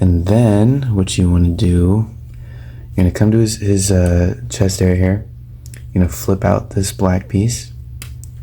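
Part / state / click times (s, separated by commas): chest flap on a transforming toy figure / seated / 8.0 s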